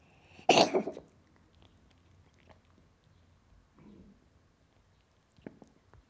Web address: The BBC Sound Effects Library. Cat Coughing